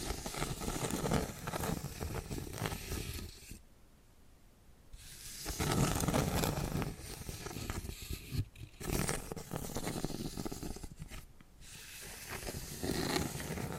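Dense scratching and tapping fill most of the clip, a gritty, rustling texture running from low thuds up through bright hiss. The sound drops out almost completely around 4 seconds, briefly near 8.5 and 11 seconds, then resumes each time with similar busy scraping.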